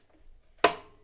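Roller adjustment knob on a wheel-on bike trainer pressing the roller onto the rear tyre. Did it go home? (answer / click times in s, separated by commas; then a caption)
yes / 0.6 s. The roller adjustment knob on a CycleOps Magnus Smart wheel-on bike trainer is turned, without pushing in, to screw the roller against the rear bike tyre. After a faint low rustle, one sharp, bright click rings out at 0.6 s and fades over about a third of a second. The knob has clicked into place at the set pressure, and the roller moves no further forward.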